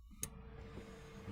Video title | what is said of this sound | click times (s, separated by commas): 2007-11 Jeep Wrangler JK, 3.8L - Flowmaster Delta Force Cold Air Intake 615142 | okay the last part we're gonna go ahead and reconnect the sensor here can she hear it snap in and | 0.2 s